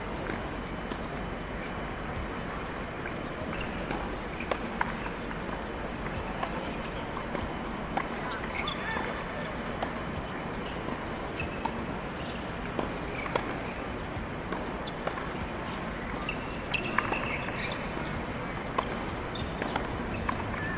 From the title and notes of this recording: This is my annual exploration of sounds from the US Open Tennis tournament, held in New York at the end of each Summer.